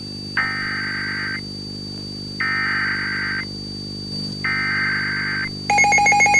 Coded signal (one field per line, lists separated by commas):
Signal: Emergency Alert System (SAME) tones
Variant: header bursts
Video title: A Winter's Nightmare (EAS Scenario)